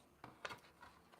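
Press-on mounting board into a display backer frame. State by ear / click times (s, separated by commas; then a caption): seated / 0.5 s. A six by eight press-on (sticky) mounting board is pushed into the recess of a cross-stitch finishing display backer. A faint tap at 0.2 s leads into a sharp pop at 0.5 s as the board seats, followed by a soft rub. The board is seated in the backer.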